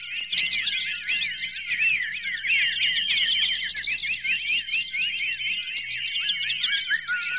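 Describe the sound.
Birds twittering together, a thick, unbroken mesh of bright chirps, trills and slurred whistles, steady throughout, with a faint low hum underneath.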